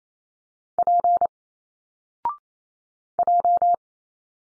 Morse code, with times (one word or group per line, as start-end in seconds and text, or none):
0.8-1.3 P
3.2-3.8 J